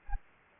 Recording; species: mosquito wingbeat signal from an infrared sensor; Anopheles gambiae